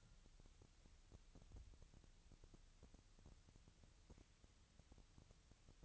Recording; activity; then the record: daily activity, microphone in the room; wipe stove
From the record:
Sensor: 3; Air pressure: 1001.6 hPa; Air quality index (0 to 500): 224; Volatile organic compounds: 30 ppm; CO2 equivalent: 2964 ppm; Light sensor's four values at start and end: 10/33/14/12 and 11/33/14/12